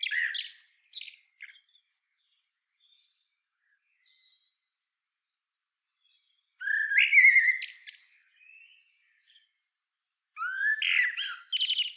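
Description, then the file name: Common blackbird song: bursts of fluted warbling with shrill, scratchy twitters, separated by long quiet gaps. "Turdus merula"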